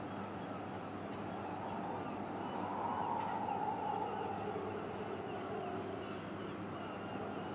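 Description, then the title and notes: Gull giving a long wavering wail midway, set against constant wind roar and faint clinking. Gulls at a harbour quay in Boulogne-sur-Mer, France, with wind, a metal structure and the rattling of pleasure boats. "Quai Thurot, Boulogne-sur-Mer, France - Mouettes. Prise de sons : JF CAVRO"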